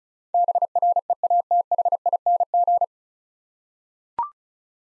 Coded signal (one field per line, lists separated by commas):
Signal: Morse code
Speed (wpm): 36 wpm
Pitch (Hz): 700 Hz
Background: none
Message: BREATHING